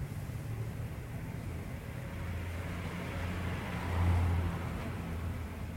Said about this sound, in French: Vous dites qu'on est chez moi parce qu'il y a des bruits de voiture, peut-être que l'auditeur s'en rend compte, non ?